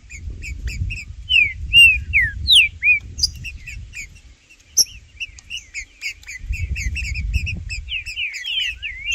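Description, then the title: Green-winged saltator song: strong slurred whistled phrases amid many repeated short chirping notes, with bursts of low rumbling noise. In the bush, calling, singing and performing male display (macheando) in competition with a free wild bird; birds named Blindado and Tufão. "TRINCA Piando, Cantando E Macheando Na DISPUTA. Trinca Ferro no MATO Cantando e Macheando muito com Solto! Blindado e Tufão no mato"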